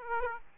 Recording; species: mosquito wingbeat signal from an infrared sensor; Aedes aegypti